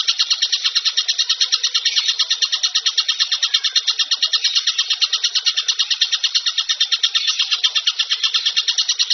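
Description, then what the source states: Bird song, a shrill, sustained chattering trill with steady quick pulsing and no other noises. Most complete masteran compilation for training songbirds.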